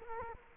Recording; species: mosquito wingbeat signal from an infrared sensor; Culex quinquefasciatus